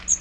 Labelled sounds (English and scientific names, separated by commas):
Magnolia Warbler (Setophaga magnolia) flight call